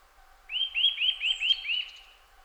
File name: Sitta europaea